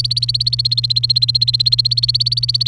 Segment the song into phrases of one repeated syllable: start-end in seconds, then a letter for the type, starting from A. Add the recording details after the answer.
0.00-2.67 A. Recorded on 30 April 2018 at 07:50. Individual llb3